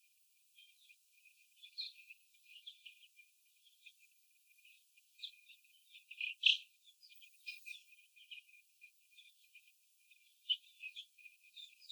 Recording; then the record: young laying hens in a cage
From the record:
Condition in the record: before the stressor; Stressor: sudden umbrella opening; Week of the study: 2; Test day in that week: 1